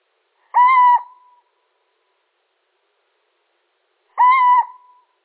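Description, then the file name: Little owl: two short mewing notes, steady in pitch, a few seconds apart. Male. "Sycek obecny samec"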